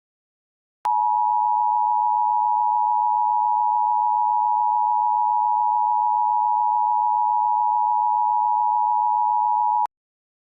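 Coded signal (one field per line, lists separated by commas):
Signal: Emergency Alert System (SAME) tones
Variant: 853 and 960 Hz attention tone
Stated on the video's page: Fictional EAS scenario containing valid EAS tones.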